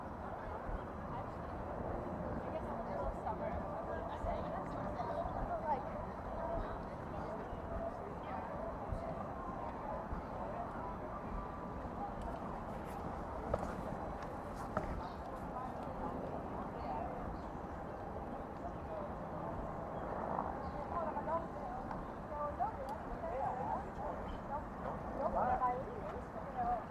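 Outdoor crowd murmur around the White House from Lafayette Square: steady overlapping voices over low traffic rumble, with occasional sharp clicks and knocks.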